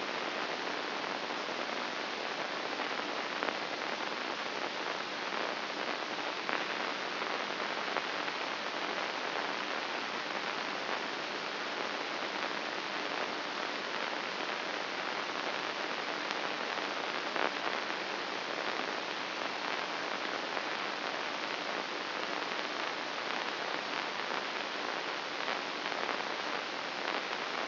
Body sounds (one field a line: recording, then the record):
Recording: brain microelectrode recording played as sound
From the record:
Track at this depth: outside the subthalamic nucleus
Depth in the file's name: 2.536 mm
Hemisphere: left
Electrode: 2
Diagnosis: Parkinson's disease